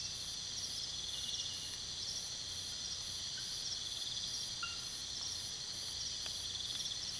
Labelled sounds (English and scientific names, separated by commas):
none